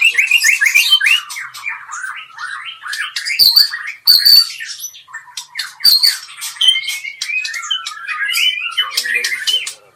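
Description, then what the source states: White-rumped shama song: a fast, varied stream of whistles, chattering notes and sharp squeaky phrases with brief pauses between bursts. Medan.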